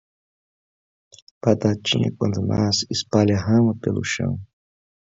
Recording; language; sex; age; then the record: short text; Brazilian Portuguese; male; 30 to 39 years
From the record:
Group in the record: control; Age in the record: 39 years